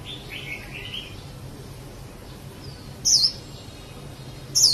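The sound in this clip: Bird calls: soft lower chirps early, then two loud, high notes about one and a half seconds apart, with a steady low hum behind.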